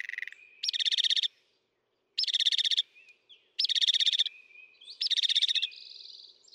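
Northern mockingbird song: a rasping, rattled phrase repeated four times, each about half a second long, with brief whistles between repeats.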